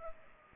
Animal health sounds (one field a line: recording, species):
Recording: mosquito wingbeat signal from an infrared sensor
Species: Culex pipiens